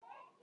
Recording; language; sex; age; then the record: short text; Brazilian Portuguese; female; 40 to 49 years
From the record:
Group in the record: control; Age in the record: 40 years